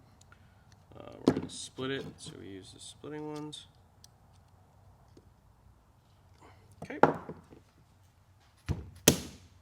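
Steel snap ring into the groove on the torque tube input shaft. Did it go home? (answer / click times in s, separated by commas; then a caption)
yes / 9.1 s. On a Corvette C5, the last steel snap ring is installed with snap ring pliers into its groove on the torque tube input shaft, alongside a new bearing, snap ring and slinger. Someone talks at the start, then there are a few clanks and taps, followed by a loud, sharp snap at 9.1 s as the ring seats in the groove.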